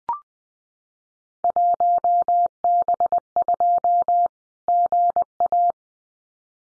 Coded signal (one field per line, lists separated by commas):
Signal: Morse code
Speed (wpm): 20 wpm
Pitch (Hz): 700 Hz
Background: none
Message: 1B2 GA